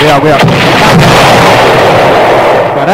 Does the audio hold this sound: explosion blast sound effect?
yes